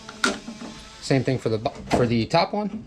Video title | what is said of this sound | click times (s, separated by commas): 1991 Chevy truck ls swap harness is done, new door panels, new neutral safety switch, 0 gauge wire 🤔 | and then snap it into place like that you'll hear a click now this is locked in | 0.2 s